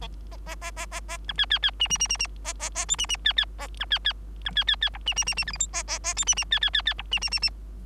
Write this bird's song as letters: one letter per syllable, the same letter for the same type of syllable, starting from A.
A A A A A A B C C C D D D D D A A A E D D C C A B C C B C C C F D D D D G H I A A A E D D C C C C F D D D D